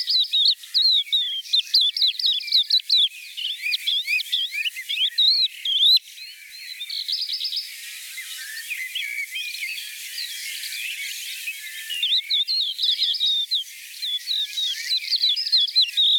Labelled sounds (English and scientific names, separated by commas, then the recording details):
Crested Lark (Galerida cristata) song
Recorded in the wild
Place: Breisach/Kaiserstuhl, Baden-Württemberg, DE
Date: 1985-06-30
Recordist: Schwarz, Dieter